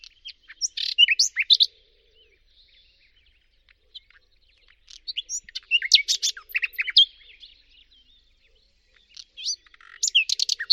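Bird song in three bursts of rapid, varied high chirps and twitters, separated by brief quiet spells.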